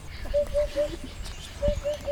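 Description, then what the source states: Eurasian Hoopoe calling: soft, low hollow hoots in a set of three evenly spaced notes, a short pause, then another set of three. Played-back example; call described as easy to recognise, rendered 'tac, tac, tac'.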